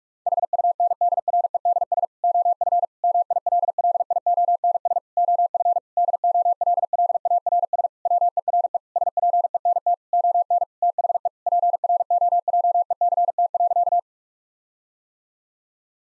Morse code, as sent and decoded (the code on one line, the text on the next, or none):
.... ..- -. -.. .-. . -.. ... / --- ..-. / -- .. .-.. .-.. .. --- -. ... / --- ..-. / -.. --- .-.. .-.. .- .-. ... / .-- . .-. . / ... .--. . -. - / --- -. / - .... . / .--. .-. --- .--- . -.-. - .-.-.-
HUNDREDS OF MILLIONS OF DOLLARS WERE SPENT ON THE PROJECT.